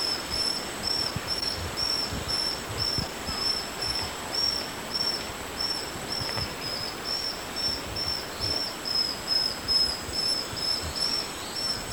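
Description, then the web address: Cinnamon neopipo song: rapid repeated short high whistles, roughly two per second, over a steady high hum and broad rustling background noise. Ecuador. "Birds of Ecuador. Cinnamon Neopipo"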